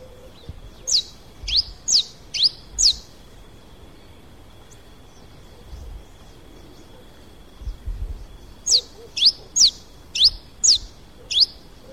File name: Canto do sanhacu papa laranja